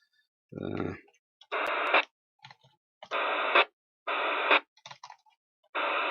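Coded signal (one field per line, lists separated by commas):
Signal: packet radio (AX.25, as in APRS)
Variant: 9600 baud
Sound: five short harsh hiss bursts about half a second each, separated by brief clicks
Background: radio squelch clicks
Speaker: on the left they get received quite fine anyway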